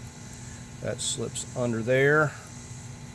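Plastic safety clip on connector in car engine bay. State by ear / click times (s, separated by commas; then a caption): not seated / none. A plastic safety clip on a connector in the engine bay of a Chevy Cruze 1.4L turbo is being handled during a starter replacement, slipping toward its place under its catch. Someone talks over a faint steady hum, and nothing has seated or clicked yet.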